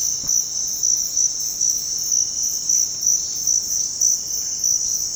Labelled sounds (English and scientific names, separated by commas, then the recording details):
none
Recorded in dense forest near Puerto Asís, Putumayo, Colombia, on 19 February 2024 at 07:00
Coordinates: 0.472, -76.329
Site G6394